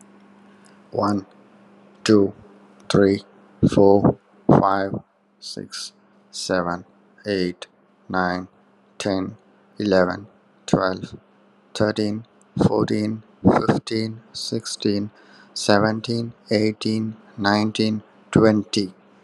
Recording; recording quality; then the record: counting at a normal pace; excellent, no background noise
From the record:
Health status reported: healthy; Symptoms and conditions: hypertension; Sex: male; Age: 49 years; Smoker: yes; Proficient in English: yes